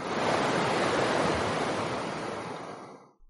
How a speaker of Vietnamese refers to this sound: Bên trong hồ lô, một hồi âm thanh như là tiếng nước sông lớn chảy nhanh vang lên.